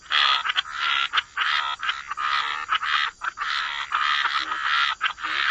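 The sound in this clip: Frog chorus of harsh, nasal croaks in long bursts separated by short pauses, several callers overlapping.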